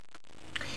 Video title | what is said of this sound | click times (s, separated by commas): Wanna Lose a Knife? Buy a Buck Bantam | cuz it just snaps back in there quick once you get around here here | 0.6 s